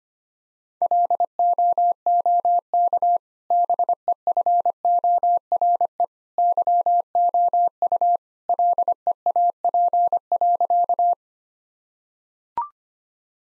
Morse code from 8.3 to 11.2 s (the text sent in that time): LEAP.